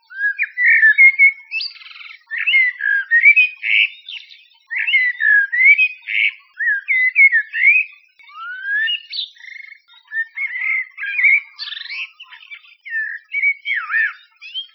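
Blackbird song, a series of mellow fluting whistled phrases with varied rising and falling notes, each phrase followed by a short pause, in an otherwise quiet background.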